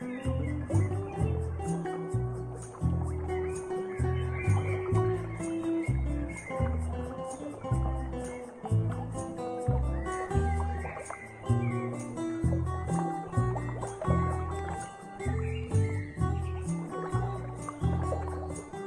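Acoustic guitar music plays steadily throughout, with a warm, full low end of plucked bass notes falling in a regular, unhurried rhythm. Brighter picked notes ring above them, and light, crisp ticks keep time at the top, evenly dense from start to finish.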